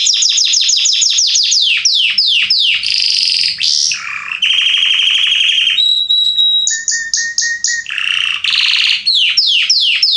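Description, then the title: Belgian canary song, varied and fast: quick descending sweeps, harsh buzzy rolls, a pure steady whistle, then more rapid repeated notes. Male singing a lot and very strongly; meant to warm up young birds. "Esquente Seu Filhote E Canario Belga Macho Cantando Muito"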